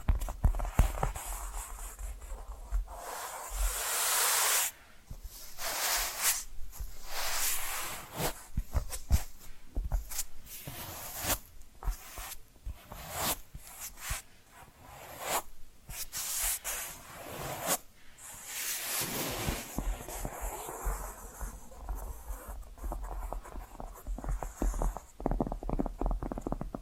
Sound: Hypnotic Tapping & Scratching Sounds